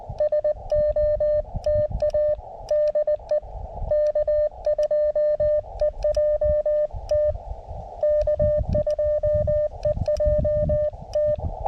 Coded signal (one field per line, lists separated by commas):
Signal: Morse code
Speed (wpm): 19 wpm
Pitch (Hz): 600 Hz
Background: none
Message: SOTA DE K2EJT K2EJT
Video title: CW SOTA at W2/GC-026 Utsayantha Mountain